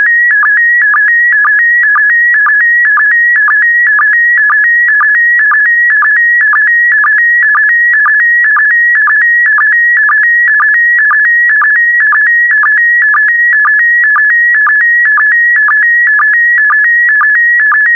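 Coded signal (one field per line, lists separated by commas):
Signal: SSTV (slow-scan television)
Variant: PD120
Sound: warbling tone stepping between two pitches, with a short low blip about twice a second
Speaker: the next image transmission will start in 10 seconds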